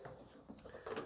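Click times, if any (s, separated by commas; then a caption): 0.6 s. A roll-up tonneau cover on the bed of a 2016 RAM 2500 Mega Cab Laramie diesel pickup is rolled closed, with low rolling and shuffling sounds. Its latch locks onto the bed rail with a short, sharp click at 0.6 s, followed by a louder knock near 0.9 s. The cover is seated and locked in place.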